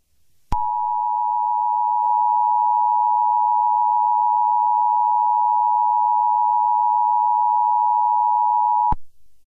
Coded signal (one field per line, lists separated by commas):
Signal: Emergency Alert System (SAME) tones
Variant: 853 and 960 Hz attention tone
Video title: A mini EAS scenario - Break in.